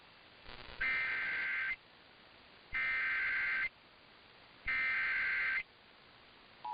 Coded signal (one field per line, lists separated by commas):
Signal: Emergency Alert System (SAME) tones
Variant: header bursts